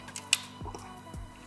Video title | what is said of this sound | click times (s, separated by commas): ALL WHITE Gaming/Creator PC! AMD RYZEN 7900X3D + RTX4080 - BUILD IT! | that click right there so see | 0.3 s